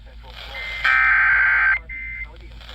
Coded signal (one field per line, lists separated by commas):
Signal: Emergency Alert System (SAME) tones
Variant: header bursts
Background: speech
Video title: Slight Risk Shenanigans II (EAS Alerts from 6/18/2022) (EAS # 1093-1121)